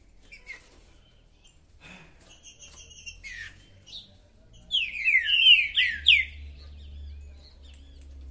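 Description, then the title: Green-winged saltator: scattered notes and high ticking lead into a loud cluster of swooping whistled phrases, over a steady low hum. Chirping, singing and territorial calling, played to warm up a saltator for a singing competition. "Esse É PERFEITO Para ESQUENTAR Seu TRINCA Piando, Cantando E Macheando Na DISPUTA"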